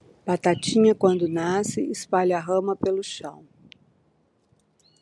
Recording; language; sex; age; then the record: short text; Brazilian Portuguese; female; 60 to 69 years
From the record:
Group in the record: control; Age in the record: 64 years